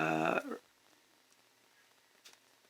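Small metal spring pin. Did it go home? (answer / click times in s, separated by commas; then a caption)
yes / 2.3 s. Someone talks briefly at the start, then a 20mm watch band is slid into the lug of a Garmin Venu 2 Plus smartwatch and pushed until its quick-release pin snaps into place. A faint tick is heard at 1.3 s, and the pin seats with a small, sharp snap at 2.3 s.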